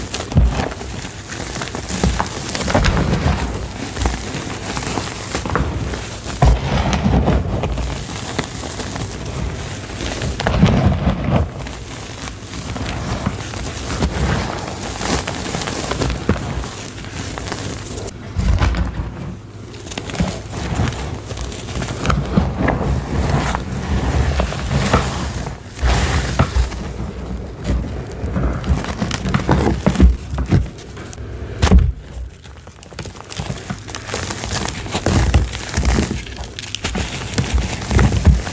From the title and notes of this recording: Black Iron Oxide *Crush Only* Compilation! Crispy crunchy black iron oxide gym chalk crumbles and oddly satisfying asmr sounds.